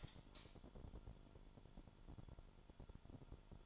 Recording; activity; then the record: daily activity, microphone in the room; light on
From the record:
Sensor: 5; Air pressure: 1008.0 hPa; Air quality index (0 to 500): 103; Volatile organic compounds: 1 ppm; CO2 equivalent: 805 ppm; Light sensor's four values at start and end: 32/75/30/30 and 32/75/30/30